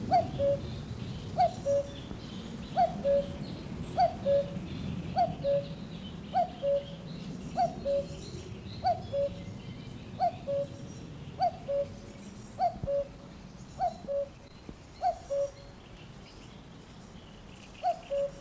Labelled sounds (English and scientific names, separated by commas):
Common Cuckoo (Cuculus canorus) call